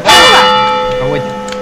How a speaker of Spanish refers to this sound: ¡Ay, no! ¡No, no! Ese es el último cuarto, ahora vienen las campanadas. Venga, venga, venga. Primera, una.